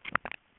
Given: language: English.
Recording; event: throat vibration sensor signal played as sound; swallow